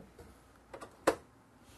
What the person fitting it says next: clicks into place and then there's a couple of little catches that actually hold it in place